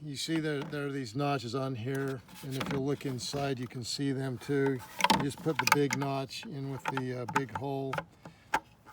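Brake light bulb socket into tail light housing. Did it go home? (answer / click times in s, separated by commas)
yes / 8.5 s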